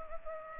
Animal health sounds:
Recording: mosquito wingbeat signal from an infrared sensor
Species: Culex pipiens

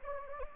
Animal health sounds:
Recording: mosquito wingbeat signal from an infrared sensor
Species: Anopheles gambiae

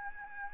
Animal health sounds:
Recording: mosquito wingbeat signal from an infrared sensor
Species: Aedes albopictus

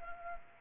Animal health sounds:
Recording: mosquito wingbeat signal from an infrared sensor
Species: Culex pipiens

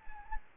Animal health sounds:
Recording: mosquito wingbeat signal from an infrared sensor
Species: Anopheles gambiae

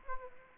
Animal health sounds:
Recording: mosquito wingbeat signal from an infrared sensor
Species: Aedes aegypti

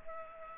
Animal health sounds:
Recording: mosquito wingbeat signal from an infrared sensor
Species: Culex pipiens

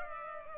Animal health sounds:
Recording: mosquito wingbeat signal from an infrared sensor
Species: Culex pipiens

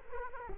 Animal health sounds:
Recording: mosquito wingbeat signal from an infrared sensor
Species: Culex quinquefasciatus

